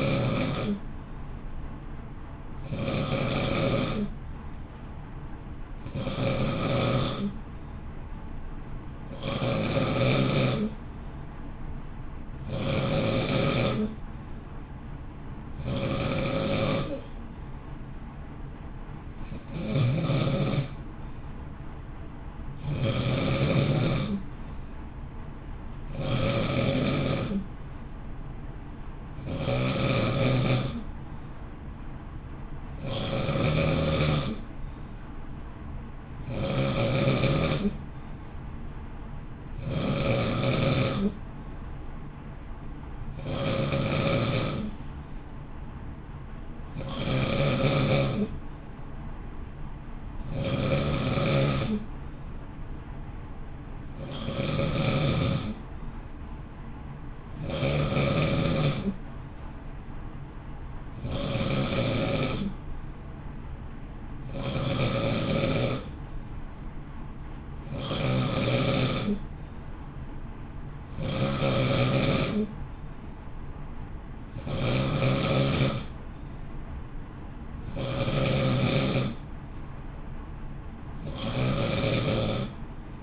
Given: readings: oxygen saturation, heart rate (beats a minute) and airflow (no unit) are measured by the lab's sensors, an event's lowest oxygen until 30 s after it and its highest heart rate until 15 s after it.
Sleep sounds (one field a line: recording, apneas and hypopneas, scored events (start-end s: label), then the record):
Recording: breathing in sleep by a smartphone at the bedside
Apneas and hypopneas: none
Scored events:
19.00-83.02 s: new sleep stage, N2 (light sleep)
From the record:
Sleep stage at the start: N1 (lightest sleep)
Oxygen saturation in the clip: 91 to 92%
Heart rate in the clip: 54 to 59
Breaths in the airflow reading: 26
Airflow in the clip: -0.8 to 0.7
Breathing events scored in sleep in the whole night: 328 in 6.3 hours asleep